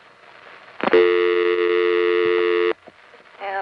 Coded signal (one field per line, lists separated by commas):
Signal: telephone call progress tone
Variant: North America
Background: speech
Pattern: dial tone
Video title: Maryland Phone Trips Pgm. 3: The Only Independent, August 1976 (August 1976 phone trip BEGINS here)